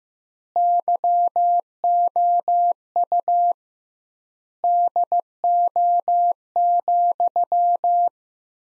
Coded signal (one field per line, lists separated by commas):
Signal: Morse code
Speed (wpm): 15 wpm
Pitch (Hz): 700 Hz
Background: none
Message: YOU DO,